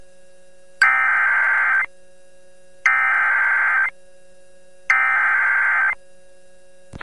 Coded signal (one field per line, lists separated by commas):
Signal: Emergency Alert System (SAME) tones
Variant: header bursts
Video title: EAS Timeline December Midwest Derecho Rips Through Siouxland (Sioux City, IA) NOAA Weather Radio